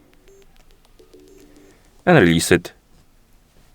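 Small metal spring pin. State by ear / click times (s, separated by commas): not seated / none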